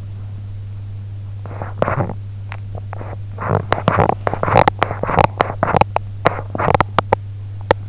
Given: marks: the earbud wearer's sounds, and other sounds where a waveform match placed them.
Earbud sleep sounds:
sounds in sleep by an in-ear microphone; teeth grinding
1.40-7.89 s: teeth grinding

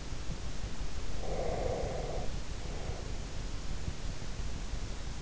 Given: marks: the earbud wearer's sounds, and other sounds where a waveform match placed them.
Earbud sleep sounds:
sounds in sleep by an in-ear microphone; breath
1.17-3.45 s: breath

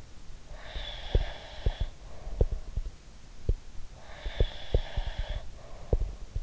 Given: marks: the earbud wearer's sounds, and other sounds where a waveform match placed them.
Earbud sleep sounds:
sounds in sleep by an in-ear microphone; breath
0.49-2.98 s: breath
0.70-3.58 s: sound from someone else or the room
3.90-6.23 s: breath
4.21-6.43 s: sound from someone else or the room

